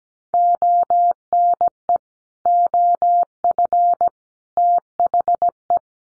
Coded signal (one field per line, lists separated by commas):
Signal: Morse code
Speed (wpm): 17 wpm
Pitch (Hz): 700 Hz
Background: none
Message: ONE OF THE